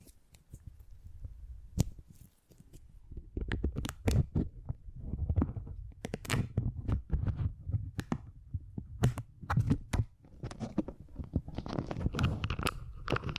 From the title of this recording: Brain Tingly Sounds Using Beeswax